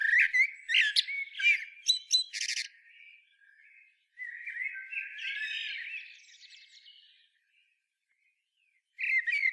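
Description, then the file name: Eurasian blackbird song with several sharp, high twittering bursts early on, a soft warbled passage in the middle, then a long silence and a final short phrase. "Turdus merula"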